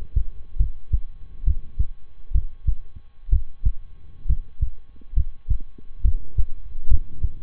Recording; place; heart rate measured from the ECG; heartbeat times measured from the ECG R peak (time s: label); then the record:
heart sounds by stethoscope; between the tricuspid and mitral areas; 67 bpm
0.56 s: heartbeat
1.43 s: heartbeat
2.31 s: heartbeat
3.29 s: heartbeat
4.25 s: heartbeat
5.13 s: heartbeat
6.01 s: heartbeat
6.87 s: heartbeat
From the record:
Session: rest, lying down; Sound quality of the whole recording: good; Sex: male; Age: 23 years